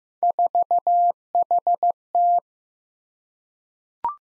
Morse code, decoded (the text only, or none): 4HT